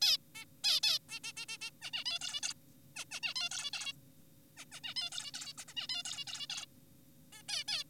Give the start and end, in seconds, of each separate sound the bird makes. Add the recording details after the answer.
0.02-0.17, 0.35-0.45, 0.64-0.80, 0.83-0.99, 1.10-1.20, 1.24-1.33, 1.37-1.46, 1.49-1.58, 1.61-1.71, 1.82-1.91, 1.93-2.04, 2.06-2.19, 2.21-2.41, 2.43-2.54, 2.96-3.05, 3.11-3.20, 3.23-3.34, 3.36-3.49, 3.51-3.70, 3.73-3.93, 4.57-4.65, 4.72-4.80, 4.84-4.94, 4.97-5.10, 5.12-5.31, 5.34-5.53, 5.58-5.65, 5.68-5.74, 5.77-5.87, 5.89-6.03, 6.05-6.25, 6.27-6.47, 6.50-6.66, 7.33-7.43, 7.49-7.64, 7.68-7.84. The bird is an adult. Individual g4p5U